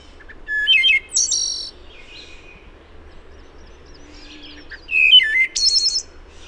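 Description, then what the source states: Wood thrush song with two fluted phrases ending in bright, metallic trills, separated by a pause of about three seconds; low hum behind. Recorded 26 April 2009.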